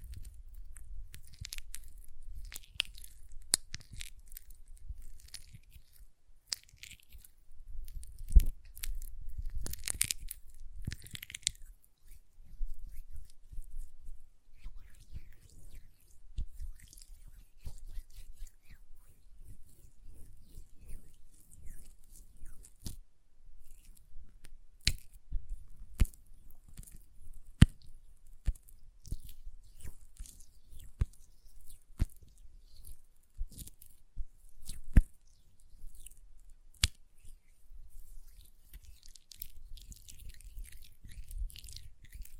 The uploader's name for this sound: ASMR Hand Sounds, Nail Tapping and Lotion Sounds